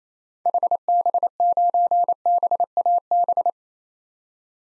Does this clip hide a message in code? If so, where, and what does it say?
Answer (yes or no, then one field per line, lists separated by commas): yes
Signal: Morse code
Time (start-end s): 0.5-3.5 s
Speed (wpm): 28 wpm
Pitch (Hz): 700 Hz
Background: none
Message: HB9BAB